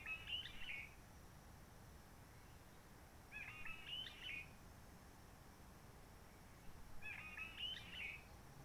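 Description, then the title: Réunion bulbul song: three brief chattering, whistled phrases roughly every three to four seconds, over soft low ambient noise. Roche Merveilleuse, Réunion; forest quiet since the 19 March 2020 lockdown, no hikers, microlights or helicopters; sunny blue sky; birds not very active; song simpler, short phrases, adapted to past aircraft noise. "Roche Merveilleuse, Réunion - Merle de lîle de la Réunion."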